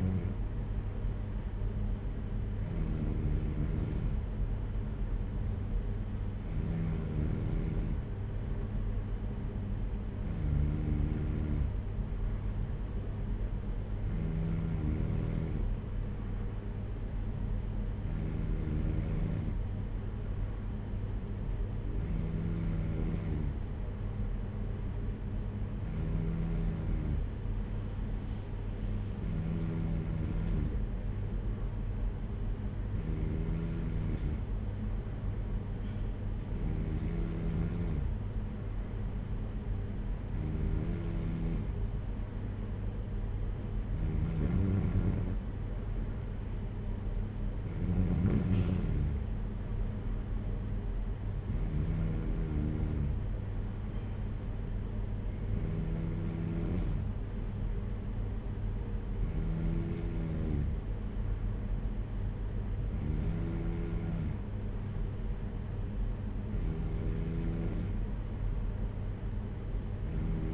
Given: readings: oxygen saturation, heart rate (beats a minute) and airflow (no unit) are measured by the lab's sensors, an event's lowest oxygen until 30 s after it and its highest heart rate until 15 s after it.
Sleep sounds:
breathing in sleep by a smartphone at the bedside; none
none scored
From the record:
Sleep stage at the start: N3 (deep sleep); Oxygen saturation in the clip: 93 to 94%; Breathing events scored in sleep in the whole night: 226 in 8.8 hours asleep

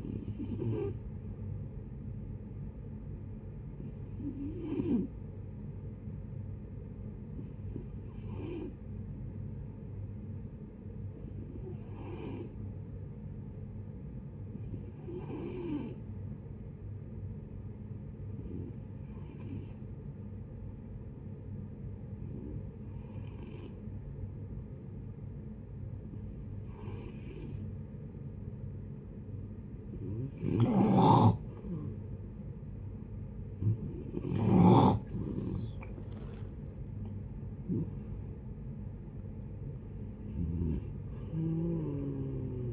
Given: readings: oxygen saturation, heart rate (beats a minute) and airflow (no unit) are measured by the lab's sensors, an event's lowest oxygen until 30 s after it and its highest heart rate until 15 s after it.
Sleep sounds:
breathing in sleep by a smartphone at the bedside; 1
6.00-33.90 s: hypopnea (N1, oxygen 96% highest, then 88% lowest, heart rate 62 at the start, 78 highest)
From the record:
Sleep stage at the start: N1 (lightest sleep); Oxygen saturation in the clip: 87 to 96%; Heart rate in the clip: 59 to 78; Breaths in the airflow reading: 12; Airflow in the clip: -11.9 to 12.5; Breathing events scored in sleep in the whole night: 496 in 5.4 hours asleep

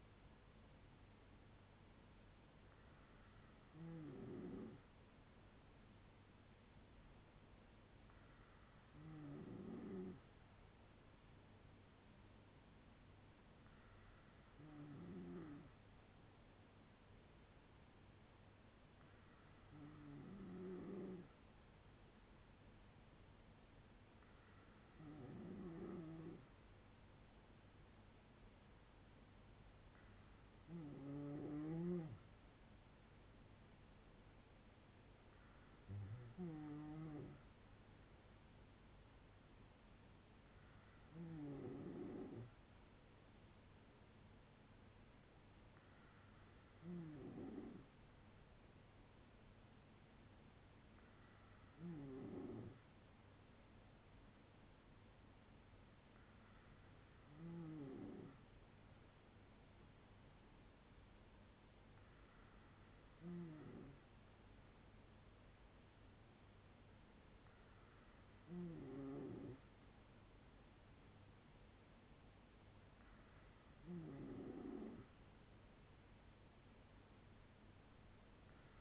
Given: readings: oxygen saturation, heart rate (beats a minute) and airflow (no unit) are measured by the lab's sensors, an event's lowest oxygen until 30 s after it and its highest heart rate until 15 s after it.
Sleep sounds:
breathing in sleep by a voice recorder at the bedside; none
none scored
From the record:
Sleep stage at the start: N2 (light sleep); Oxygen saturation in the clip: 94 to 95%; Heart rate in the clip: 58 to 68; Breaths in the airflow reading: 14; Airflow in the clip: -5.5 to 4.0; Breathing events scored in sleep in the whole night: 182 in 7.4 hours asleep

